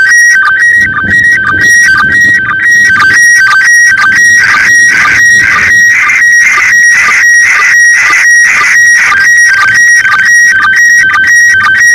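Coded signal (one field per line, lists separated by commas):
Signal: SSTV (slow-scan television)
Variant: PD 120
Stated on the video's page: ARISS SSTV from the space station received on the beach.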